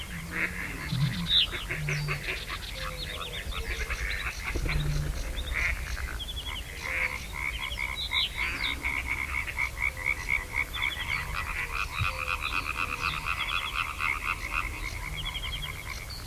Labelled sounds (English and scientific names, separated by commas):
Reed Bunting (Emberiza schoeniclus)